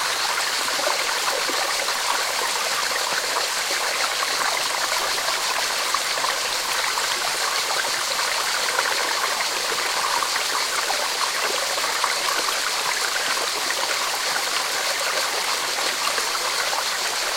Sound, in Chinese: 大自然流水虫鸣